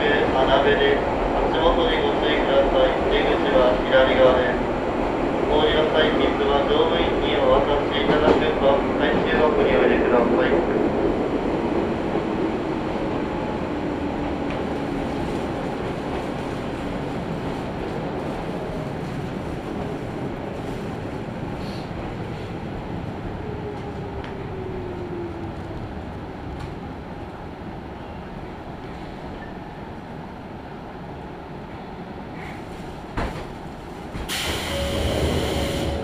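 A ride on the Izuhakone Railway Daiyuzan Line from Odawara to Daiyuzan: a dense, rattling roar of the train fills the first ten seconds with some voices, then settles into a steadier, quieter rumble with faint tones drifting by. A sharp click comes near the end.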